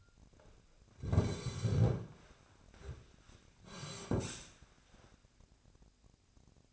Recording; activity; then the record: daily activity, microphone in the room; sit down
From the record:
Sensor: 2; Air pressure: 1009.2 hPa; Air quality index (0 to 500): 169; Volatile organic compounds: 2 ppm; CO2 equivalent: 1236 ppm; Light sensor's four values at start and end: 41/110/46/52 and 42/112/47/52